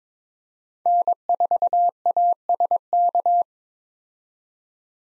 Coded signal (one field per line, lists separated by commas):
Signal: Morse code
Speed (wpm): 21 wpm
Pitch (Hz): 700 Hz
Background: none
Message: N4ASK